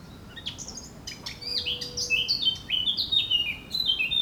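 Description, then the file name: Eurasian blackcap song: a brief quiet chatter, then a string of bright, fluty whistled notes that drop in pitch. "Sylvia atricapilla"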